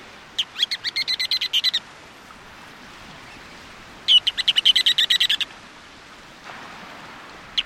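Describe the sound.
Bird giving two rapid bursts of about a dozen bright, buzzy chirps each, the bursts separated by a few seconds of quiet.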